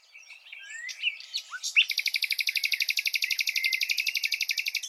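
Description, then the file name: Common nightingale song: a few varied whistles and a rising slur, then a long rapid trill of many evenly repeated notes. "Luscinia megarhynchos"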